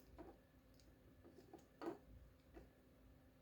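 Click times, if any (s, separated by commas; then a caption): 1.8 s. A new battery's small plastic lead connector is pushed into the wiring harness of an Anki Vector small toy robot, aligned carefully so the harness pins don't bend, then tugged to check it holds. Faint light ticks come before a sharp snap at 1.8 s as the connector seats, followed by a few quieter taps. The connector is confirmed snapped in and seated.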